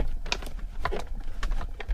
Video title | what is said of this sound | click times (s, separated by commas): Patriot Power Generator 2000X | snaps in place | 0.3 s